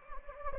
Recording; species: mosquito wingbeat signal from an infrared sensor; Anopheles gambiae